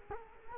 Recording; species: mosquito wingbeat signal from an infrared sensor; Culex quinquefasciatus